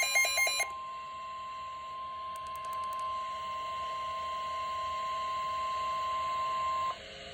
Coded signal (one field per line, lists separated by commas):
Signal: Emergency Alert System (SAME) tones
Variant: 1050 Hz attention tone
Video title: EAS #387 Severe Thunderstorm Warning || June 14th, 2025